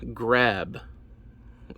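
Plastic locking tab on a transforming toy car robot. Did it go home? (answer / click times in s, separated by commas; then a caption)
no / none. Someone talks while working the plastic locking tab on a plastic prototype transforming toy car robot, trying to make it engage. A short, quiet knock comes at 1.7 s, but no click is heard: the tab fails to catch and does not lock in.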